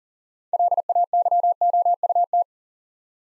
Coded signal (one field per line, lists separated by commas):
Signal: Morse code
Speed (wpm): 40 wpm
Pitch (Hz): 700 Hz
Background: none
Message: LAYOUT